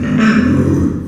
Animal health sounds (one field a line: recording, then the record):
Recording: squeal of a Yucatan mini pig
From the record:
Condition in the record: after surgery on the right vocal fold (resection and tissue-engineered implant)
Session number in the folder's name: 9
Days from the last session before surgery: 65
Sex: female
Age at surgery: 19 weeks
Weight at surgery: 25 kg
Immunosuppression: prednisolone